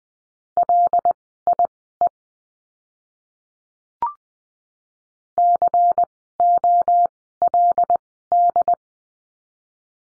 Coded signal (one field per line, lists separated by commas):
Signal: Morse code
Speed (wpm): 20 wpm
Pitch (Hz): 700 Hz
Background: none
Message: LIE COLD